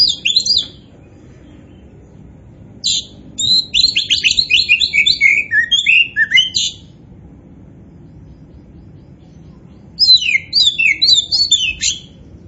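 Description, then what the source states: Oriental magpie-robin song: phrases of fast, tumbling, downslurred and scratchy notes, separated by several quiet seconds. Kacer poci type, singing vigorously ('gacor').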